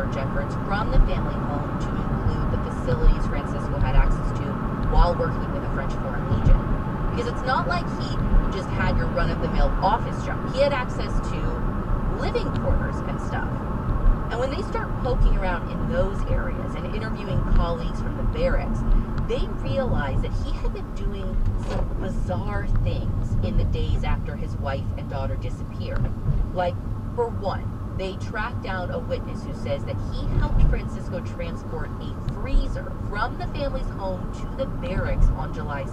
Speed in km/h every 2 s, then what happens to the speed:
63, 66, 66, 64, 63, 61, 60, 56, 52, 45, 35, 27, 24, 29, 32, 35, 37, 39.
0-5 steady at about 66. 5-23 slows to 24. 23-36 speeds up to 39.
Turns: 20-27.